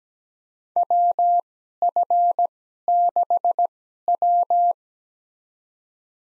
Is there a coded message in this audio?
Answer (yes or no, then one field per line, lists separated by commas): yes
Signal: Morse code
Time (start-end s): 0.8-4.7 s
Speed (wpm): 17 wpm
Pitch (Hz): 700 Hz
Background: none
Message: WF6W